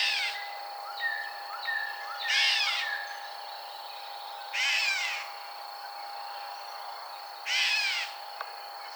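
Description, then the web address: Gray catbird with varied, scratchy, downward-sweeping bursts every two to three seconds and fainter notes between, over a continuous background hum. Recorded 21 June 2007. "Gray Catbird 2007 06 21"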